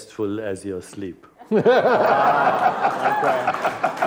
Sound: laughter

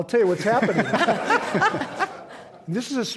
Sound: laughter

